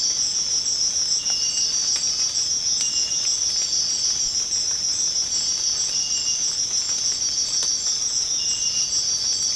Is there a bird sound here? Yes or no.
no